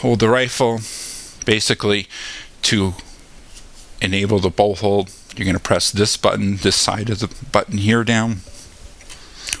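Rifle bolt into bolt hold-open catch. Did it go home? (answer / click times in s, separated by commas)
yes / 9.5 s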